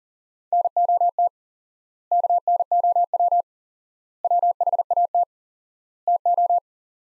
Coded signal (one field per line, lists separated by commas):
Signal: Morse code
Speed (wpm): 40 wpm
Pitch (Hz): 700 Hz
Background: none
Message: NOT KNOW WHAT TO